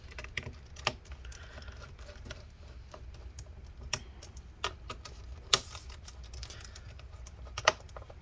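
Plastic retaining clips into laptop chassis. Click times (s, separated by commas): 0.4 s, 0.9 s, 3.9 s, 4.6 s, 5.5 s, 7.7 s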